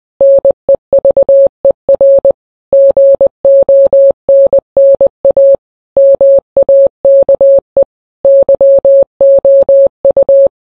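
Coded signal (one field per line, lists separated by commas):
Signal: Morse code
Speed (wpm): 20 wpm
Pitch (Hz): 550 Hz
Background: none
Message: NEVER GONNA MAKE YOU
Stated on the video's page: Morse rendition of a song, shortened from a 15-minute original.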